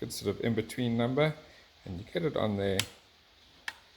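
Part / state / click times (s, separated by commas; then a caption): torque wrench on a bolt of a small RC engine / torque reached / 3.7 s. Someone talks while a torque wrench, set to 3.6 Nm as a middle value between a 2.9 Nm starting torque and a 3.9 Nm limit, tightens a bolt on the carburetor and engine assembly of a small RC engine. The talking stops and, after a short quiet stretch, the wrench gives a single sharp click at 3.7 seconds, confirming the bolt has reached the set torque.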